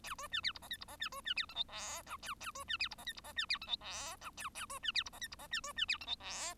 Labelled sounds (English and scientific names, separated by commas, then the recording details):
Bengalese Finch (Lonchura striata domestica) song
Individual Bird1